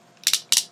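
Plastic wheel units pulled off the sides of a transforming robot toy are plugged onto its shoulder pegs to become arms. Two sharp plastic clicks ring out, each with a quick second tick just after, at 0.3 s and 0.5 s as each wheel seats onto its peg.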